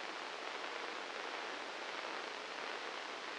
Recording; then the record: brain microelectrode recording played as sound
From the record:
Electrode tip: inside the subthalamic nucleus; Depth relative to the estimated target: 1 mm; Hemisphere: left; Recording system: NeuroSet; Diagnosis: Parkinson's disease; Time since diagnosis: 9 years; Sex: male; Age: 56 years